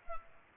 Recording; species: mosquito wingbeat signal from an infrared sensor; Culex pipiens